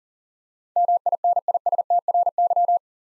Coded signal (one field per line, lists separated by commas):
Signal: Morse code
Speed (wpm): 39 wpm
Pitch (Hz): 700 Hz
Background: none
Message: MINISTRY